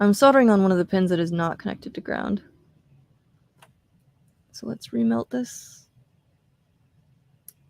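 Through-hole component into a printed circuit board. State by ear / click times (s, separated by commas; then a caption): seated / 7.5 s. Someone talks while remelting the solder joint on one pin, not connected to ground, of a through-hole component on a kit printed circuit board. After a quiet stretch, a short sharp click at 7.5 s marks the part snapping down and settling flat against the board as the solder remelts, seated in place.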